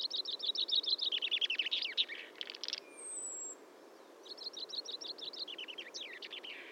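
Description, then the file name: Common chaffinch song: two bright rattling trills, each ending in a quick flourish, with a thin high whistle between them. "Fringilla coelebs"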